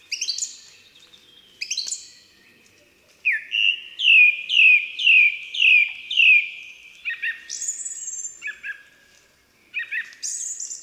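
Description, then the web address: Song thrush song: a twittering phrase given twice, then a whistled note repeated six times, followed by varied chattering and high whistles. "Ptaki Spiewak"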